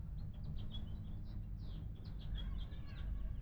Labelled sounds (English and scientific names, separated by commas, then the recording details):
House Finch (Haemorhous mexicanus) song
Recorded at Lynbrook on Long Island, New York, on 17 June 1975
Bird B